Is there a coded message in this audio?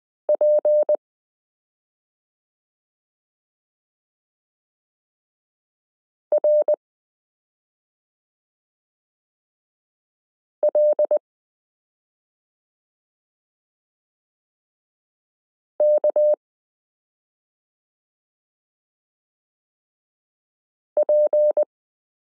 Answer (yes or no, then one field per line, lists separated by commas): yes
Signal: Morse code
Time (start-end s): 0.3-21.6 s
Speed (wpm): 20 wpm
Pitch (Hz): 600 Hz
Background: none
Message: PRLKP